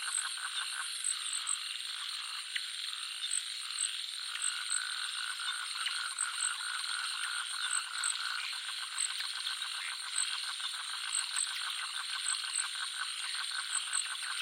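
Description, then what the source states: Frogs croaking in a dense, continuous chorus of rapid pulsing calls, with high steady insect trilling and short repeated chirps layered above throughout. Jungle nature soundscape of frogs and crickets.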